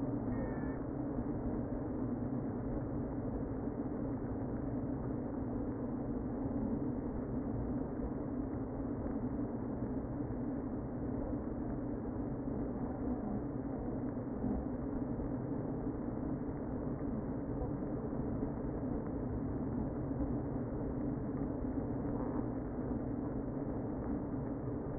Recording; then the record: honeybee colony, microphone inside the hive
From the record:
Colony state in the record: queen present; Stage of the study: before two queens were removed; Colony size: about 60,000 bees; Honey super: yes